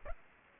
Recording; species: mosquito wingbeat signal from an infrared sensor; Aedes aegypti